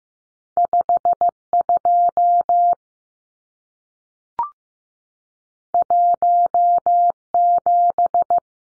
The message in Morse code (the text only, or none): 52 17